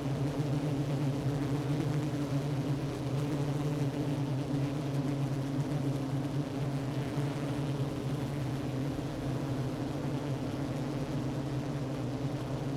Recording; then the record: honeybee colony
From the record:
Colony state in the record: active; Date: 12 June 2018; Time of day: 10:38